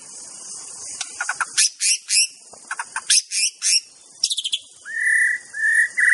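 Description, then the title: White-rumped shama song, a rapid series of loud sharp clicking notes followed by long, steady whistled tones near the end, with constant high-pitched insect buzzing behind. Wild bird recorded singing in forest. "Kicau Asli Murai Batu Hutan"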